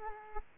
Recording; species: mosquito wingbeat signal from an infrared sensor; Culex quinquefasciatus